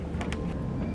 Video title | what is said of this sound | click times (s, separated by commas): 1999-2016 F250/F350 HID KIT | boom now it's locked into place and now let's do the turn signal bulb and | 0.2 s, 0.3 s